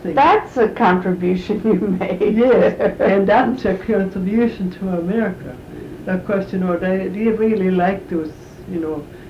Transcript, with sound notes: That's a contribution you made. (Chuckle)
Yes. That's a contribution to America. Of course, you know, they really like those, you know,